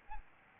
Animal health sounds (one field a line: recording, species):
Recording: mosquito wingbeat signal from an infrared sensor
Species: Aedes albopictus